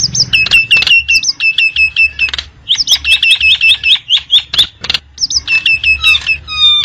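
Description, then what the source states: Lovebird calls, fast strings of shrill, squeaky repeated notes in several bursts, with short pauses between them. Lovebird calls used as a lure to trap birds.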